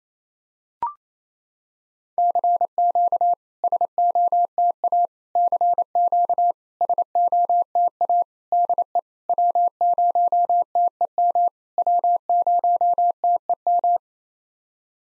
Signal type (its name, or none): Morse code